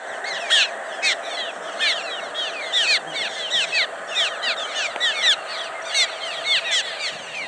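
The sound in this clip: Cliff swallows chattering as a group, many short squeaky slurred notes overlapping in an uneven, steady stream.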